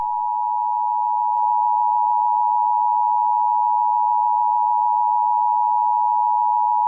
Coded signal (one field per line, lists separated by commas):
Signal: Emergency Alert System (SAME) tones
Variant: 853 and 960 Hz attention tone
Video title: RCN Entertainment EAS Scenario (EAS Mini Scenario #2): Red April Rulenz's Attack